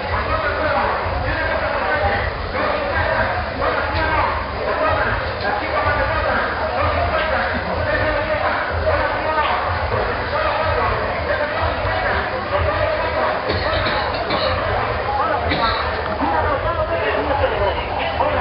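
A town fair at night in rural Chiapas, with a dense, steady hubbub of many overlapping voices that never lets up. A low, constant rumble runs underneath, and a few brighter calls stand out briefly near the end, perhaps barkers or a dog.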